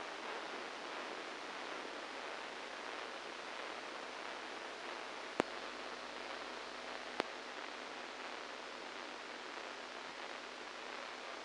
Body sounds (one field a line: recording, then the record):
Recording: brain microelectrode recording played as sound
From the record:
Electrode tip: inside the subthalamic nucleus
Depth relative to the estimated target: -5 mm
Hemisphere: right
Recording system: NeuroSet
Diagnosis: Parkinson's disease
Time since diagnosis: 7 years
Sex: male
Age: 69 years